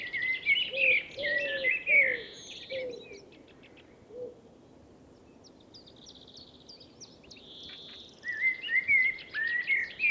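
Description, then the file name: Common blackbird warbling fluty phrases with high squeaky flourishes, accompanied by lower soft mellow notes; a quieter stretch of high chips follows before the singing resumes. "Turdus merula"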